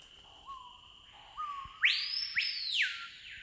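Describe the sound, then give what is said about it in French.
A screaming piha (piot), a bird found only in the Amazon, calls: two soft, low rising whistles, then two piercing, loud whistles that swoop sharply upward and hold a high ringing pitch before dropping, with no one talking. “Le piot, c'est un oiseau qui est exclusivement amazonien.”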